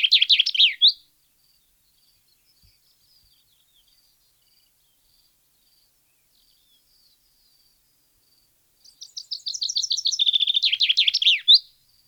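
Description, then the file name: Common chaffinch song, the end of one phrase, a long quiet pause, then a full phrase of high trilled notes that fall in pitch and end with a short upward flourish. "Fringilla coelebs"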